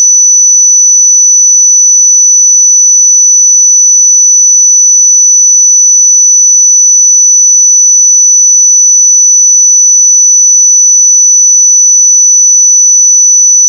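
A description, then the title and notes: A pure sine tone holds at about 5969 Hz, a thin, piercing high whistle with no other sound beneath it. It stays perfectly steady in pitch and loudness for the whole fourteen seconds, with no breaks, wavering or background noise. 5969 Hz 1 Hz Interval Sine Pure Tone Frequency 441000 Sample Mono.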